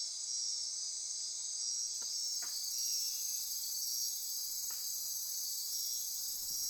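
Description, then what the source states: Insects in chorus, a steady high buzzing and trilling wall of sound, with a few faint soft knocks or ticks scattered underneath. Midnight insect chorus near Corcovado.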